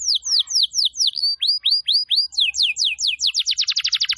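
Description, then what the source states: Canary singing a run of clear down-slurred whistles that steadily speed up into a rapid, rattling trill near the end. Canary song recording used as a lure to attract birds.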